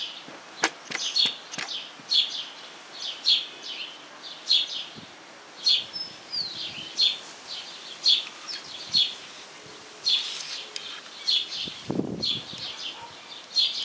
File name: gorrión voz